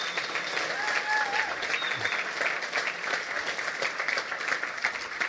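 An audience claps steadily for about five seconds, a dense, even wash of many hands with a few faint whistles or calls riding on top.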